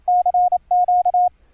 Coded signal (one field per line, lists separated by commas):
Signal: Morse code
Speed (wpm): 28 wpm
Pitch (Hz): 720 Hz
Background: radio noise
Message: CQ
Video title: Morse Code QSO over the internet - software setup - config 9 - HI-PER-MITE CW FILTER